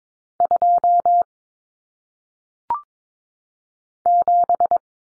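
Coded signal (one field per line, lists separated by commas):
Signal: Morse code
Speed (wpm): 22 wpm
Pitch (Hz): 700 Hz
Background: none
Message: 2 7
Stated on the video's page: Morse practice drill of single-digit numbers sent at 22 wpm for head-copy.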